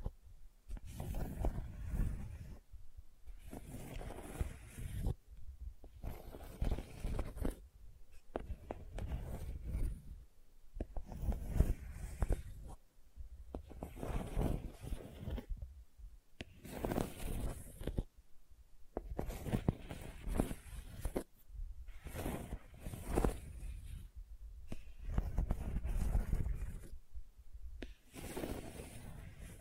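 Gentle scratching comes in repeated bursts of rough, rustling strokes, each lasting a second or two and separated by short silent pauses. The sound is weighted toward a soft low rasp with a faint hiss on top, and the rhythm stays fairly even throughout.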